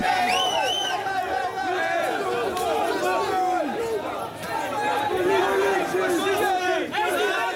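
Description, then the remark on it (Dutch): A dense, agitated crowd at a housing protest in Amsterdam shouts and yells over one another as police intervene after a group tried to squat a boarded-up building, voices rising and falling in constant loud babble with occasional sharper cries, the whole clip filled with tense, chaotic noise. “Ik wil heel even met je terug naar dat fragment dat de politie ingreep.”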